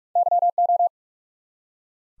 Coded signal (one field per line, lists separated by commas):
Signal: Morse code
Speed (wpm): 44 wpm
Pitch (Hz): 700 Hz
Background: none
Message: YO